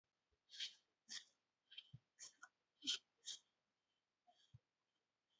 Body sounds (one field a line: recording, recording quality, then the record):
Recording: shallow breathing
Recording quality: excellent, no background noise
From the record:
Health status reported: healthy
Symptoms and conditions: none ticked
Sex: male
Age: 20 years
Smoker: not ticked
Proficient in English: yes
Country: India